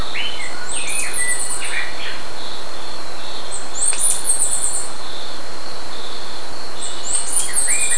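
Bird calls: clusters of sharp high chirps return about every three seconds, with some lower short notes, set against a constant whine and strong broad background noise.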